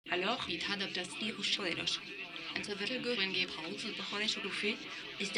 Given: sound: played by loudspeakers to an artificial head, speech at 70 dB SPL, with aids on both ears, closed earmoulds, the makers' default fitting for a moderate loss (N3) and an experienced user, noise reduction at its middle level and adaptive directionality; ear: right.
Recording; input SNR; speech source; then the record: speech test signal (ISTS) in cocktail-party noise; +9 dB; in front (0 degrees)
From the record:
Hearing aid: class 2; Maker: D